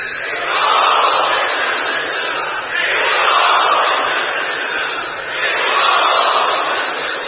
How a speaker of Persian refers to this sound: این فریاد رسای ملت بزرگ ایران و جبهه مقاومت را بشنوید.